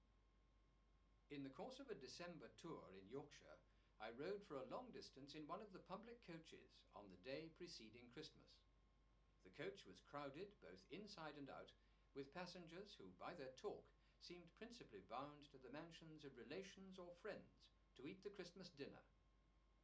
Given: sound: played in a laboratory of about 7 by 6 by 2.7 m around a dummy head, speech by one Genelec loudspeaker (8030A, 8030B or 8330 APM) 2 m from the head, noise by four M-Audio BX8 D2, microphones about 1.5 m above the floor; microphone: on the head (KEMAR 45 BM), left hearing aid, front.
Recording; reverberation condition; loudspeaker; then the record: male speech in English; low; 120 degrees to the left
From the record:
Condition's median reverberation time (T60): about 310 ms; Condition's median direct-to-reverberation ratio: about 3.5 dB